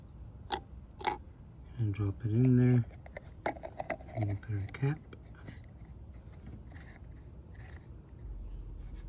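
Someone talks while the filter is dropped into the new brake master cylinder fluid reservoir on a 2005 Honda Accord, and the plastic reservoir cap is then fitted and turned on. Short sharp ticks come at about 0.5 and 1.1 seconds, with a quick run of light handling taps between about 3.2 and 4.0 seconds and softer ones later. The cap has not locked or clicked into place yet when the clip ends.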